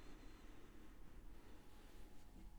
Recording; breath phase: one breath near a microphone; inhalation